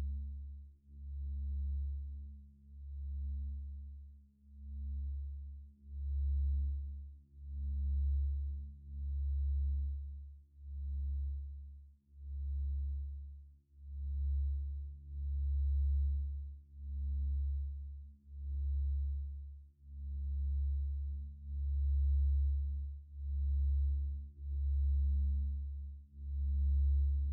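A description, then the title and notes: Antique Tibetan singing bowls hum in a deep, steady drone that swells and dips in slow regular pulses, with a faint high ring above. 7 Chakra Continuous Meditation with 21 Antique Tibetan Singing Bowls.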